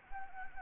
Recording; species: mosquito wingbeat signal from an infrared sensor; Anopheles gambiae